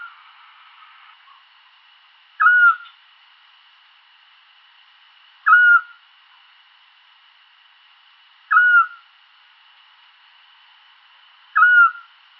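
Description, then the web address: Eurasian scops owl calling a single whistled toot repeated steadily about every three seconds, four notes in all, against a quiet background. "otus scops call"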